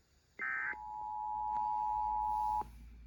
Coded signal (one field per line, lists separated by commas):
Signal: Emergency Alert System (SAME) tones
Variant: 853 and 960 Hz attention tone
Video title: IPAWSCAP Weekly Tests & 2 Civil Alerts (EAS #892-#902)